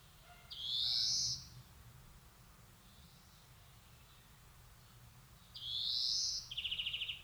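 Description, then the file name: European greenfinch giving two drawn-out wheezy, rising buzzes about five seconds apart, the second followed by a quick dry trill. "Chloris chloris"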